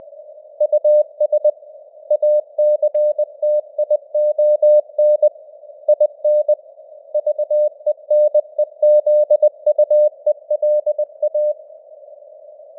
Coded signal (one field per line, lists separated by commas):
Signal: Morse code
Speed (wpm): 20 wpm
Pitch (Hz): 600 Hz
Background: none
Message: US ACTION IN VENEZUELA